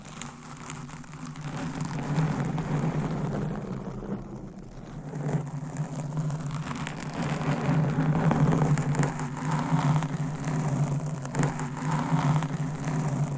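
Mic covers and nails scratching the microphone make a steady rough rubbing with a low hum underneath, getting louder after two seconds, with scattered taps.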